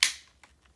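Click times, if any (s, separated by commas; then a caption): 0.0 s. The extension tube of a WOWGO cordless stick vacuum is pushed into the floor brush head and snaps in with one sharp, bright click at 0.0 s that fades over about a quarter second. Fainter small ticks follow at about 0.4, 0.7 and 0.8 s. The tube is seated firmly in the floor head.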